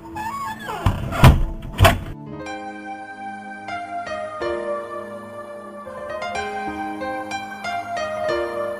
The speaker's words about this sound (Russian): Кухарка ударила ее по губам, потащила к парадной двери, вытолкнула на улицу и заперла за ней дверь на ключ.